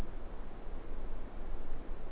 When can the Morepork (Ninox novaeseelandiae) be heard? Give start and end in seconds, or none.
none